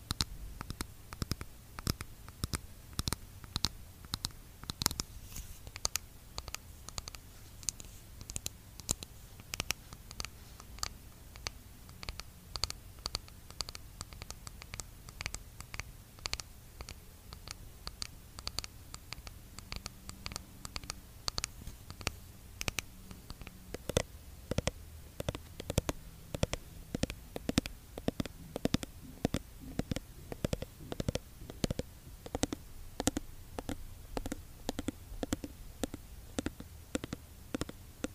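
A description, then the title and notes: Rapid fingertip tapping on skincare product containers, crisp clicky taps in a dense uneven stream. Asmr skincare product tapping. Blue yeti microphone.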